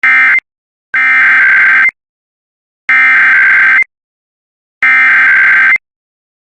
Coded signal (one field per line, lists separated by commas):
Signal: Emergency Alert System (SAME) tones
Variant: header bursts